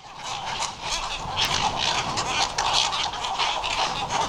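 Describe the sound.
Western cattle egrets making steady harsh, guttural calls, a crowded overlapping chatter of croaks that grows slightly louder after the first half second.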